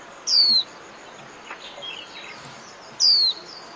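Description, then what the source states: White-eye calls: two thin, high descending whistles about three seconds apart, each clear and sharp, over faint steady background hiss. Lure call (mồi) used to attract white-eyes for trapping.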